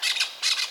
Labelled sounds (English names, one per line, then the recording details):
Brown-throated Parakeet contact call
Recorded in Venezuela
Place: Guárico; Corozopando; Fundo La Fe
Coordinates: 8.506, -67.593